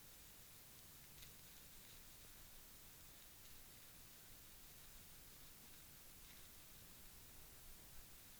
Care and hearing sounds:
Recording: daily activity, guitar pickup as the sensor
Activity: brush teeth

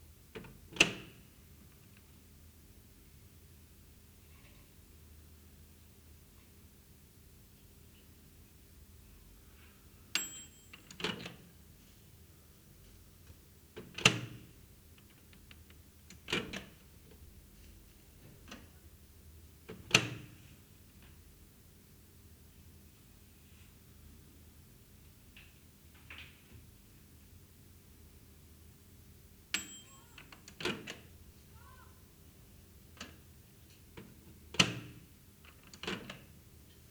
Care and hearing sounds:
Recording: daily activity, guitar pickup as the sensor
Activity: use microwave

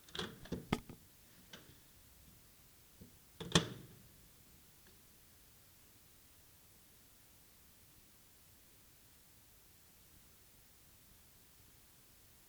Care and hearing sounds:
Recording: daily activity, guitar pickup as the sensor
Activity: use microwave

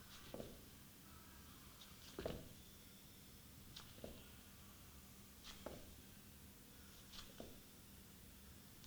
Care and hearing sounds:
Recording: daily activity, guitar pickup as the sensor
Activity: jump

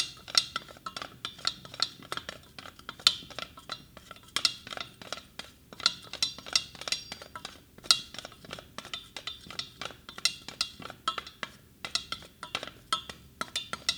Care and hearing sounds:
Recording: daily activity, guitar pickup as the sensor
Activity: fry

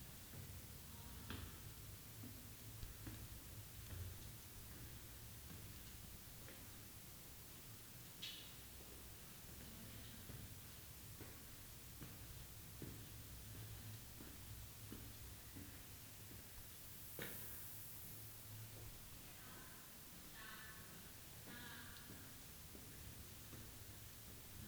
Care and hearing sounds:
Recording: daily activity, guitar pickup as the sensor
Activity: go upstairs

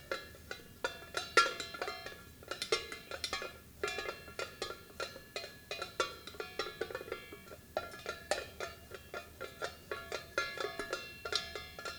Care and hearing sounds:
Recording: daily activity, guitar pickup as the sensor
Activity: fry

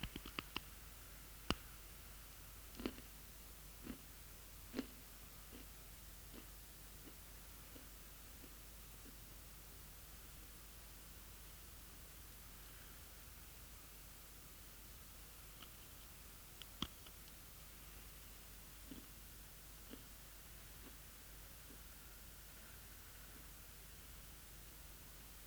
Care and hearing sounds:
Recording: daily activity, guitar pickup as the sensor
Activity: eat

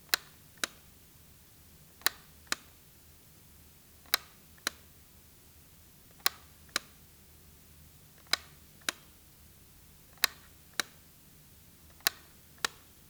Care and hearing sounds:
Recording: daily activity, guitar pickup as the sensor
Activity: operate light

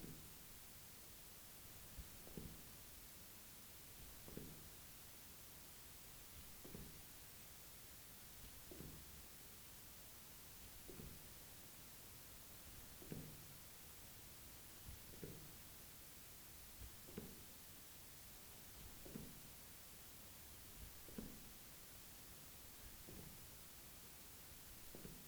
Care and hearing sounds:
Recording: daily activity, guitar pickup as the sensor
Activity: jump

